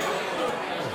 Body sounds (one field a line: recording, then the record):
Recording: coughing mixed with background sound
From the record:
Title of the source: Mid-morning Winter Coughing Fit